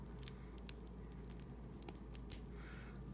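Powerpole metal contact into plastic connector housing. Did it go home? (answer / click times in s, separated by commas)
yes / 2.3 s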